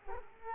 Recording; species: mosquito wingbeat signal from an infrared sensor; Culex quinquefasciatus